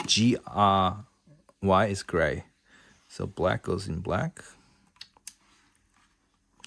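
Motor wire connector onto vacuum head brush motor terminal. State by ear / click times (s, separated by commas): seated / 5.3 s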